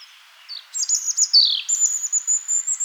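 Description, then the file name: European robin song: a quiet high note, then shrill piercing whistles and a dropping slur, ending in a rapid high trill of evenly spaced notes. "Erithacus rubecula"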